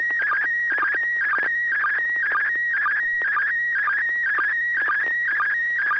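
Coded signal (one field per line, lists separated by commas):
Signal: SSTV (slow-scan television)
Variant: PD120 mode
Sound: warbling, buzzy tone scanning in pitch with a steady rhythmic chirp about twice per second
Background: low mains hum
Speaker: okay this will be pd 120 n6pq so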